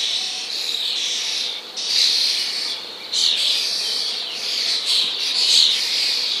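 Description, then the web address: Common starling producing a steady rasping, screechy chatter broken by a few short pauses, with occasional sharper squeaky notes. "wroblowe ptaki szpak"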